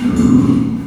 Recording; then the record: squeal of a Yucatan mini pig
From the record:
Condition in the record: after surgery on the right vocal fold (resection and tissue-engineered implant); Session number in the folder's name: 11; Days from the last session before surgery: 98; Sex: female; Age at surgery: 19 weeks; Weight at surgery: 25 kg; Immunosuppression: prednisolone